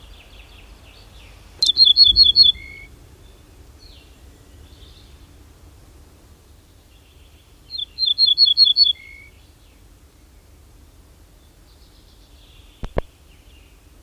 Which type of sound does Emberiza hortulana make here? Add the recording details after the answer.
song. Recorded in the wild. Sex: male. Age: adult. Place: Schloß Holte-Stukenbrock, Senne, Nordrhein-Westfalen, DE. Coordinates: 51.8669, 8.65333. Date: 1972-05-23. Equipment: Uher 4200 Report Stereo, Bändchenmikro Beyer M 260, Parabolspiegel Polyester (600 mm). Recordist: Conrads, Klaus